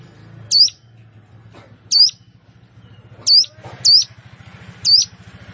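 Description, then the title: Plain prinia uttering five brief, piercing high notes at uneven intervals, with a low pulsing drone beneath. "Ciblek Sawah"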